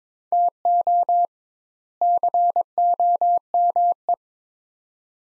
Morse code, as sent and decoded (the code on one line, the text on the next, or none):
- --- / -.-. --- -- .
TO COME